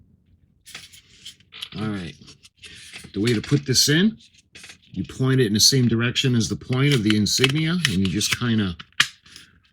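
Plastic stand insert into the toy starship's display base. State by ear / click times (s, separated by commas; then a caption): seated / 9.0 s. Someone talks while pointing a plastic stand insert the same way as the point of the Insignia-shaped display base for the 1997 Playmates Star Trek Deep Space Nine U.S.S. Defiant NX-74205 with Lights & Sounds toy starship, then pushes it in. A sharp, loud click comes at 9.0 s as a small piece lifts and clicks the insert into place. The insert is seated in the base.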